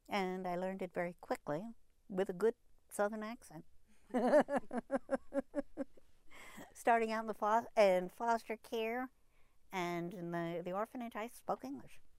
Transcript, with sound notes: and I learned it very quickly with a good southern accent. (she laughs) Starting out in foster care and in the orphanage, I spoke English.